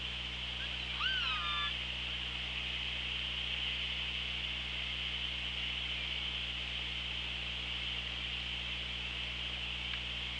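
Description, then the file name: Killer whale call, one short harmonic call that dips then holds level near the start, followed by steady underwater hiss and low hum. OrcaLab hydrophone recording at Cracroft Point, 24 August 2017, 16:36. "Orca Lab UTLN JASON 20170824 163613 CP"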